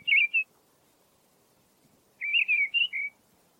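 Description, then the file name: Mistle thrush song: a short fluted note pair, a long pause, then a longer warbled phrase of clear, slightly wavering whistles; otherwise quiet. "grive-draine-timo s"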